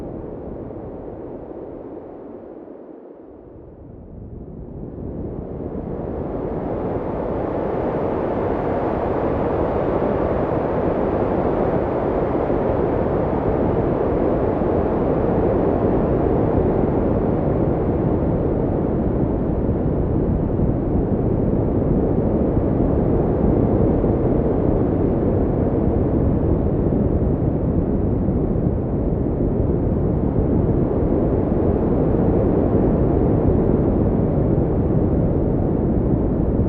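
Wind roars steadily in deep, dense rumbling gusts, briefly dipping near three seconds before swelling louder and holding strong to the end.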